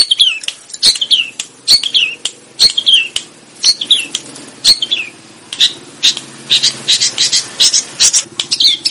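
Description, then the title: Sooty-headed bulbul giving repeated bright, down-slurred chirping notes among many sharp clicks and taps, with a busy, continuous chatter building toward the end. "Suara Burung Kutilang"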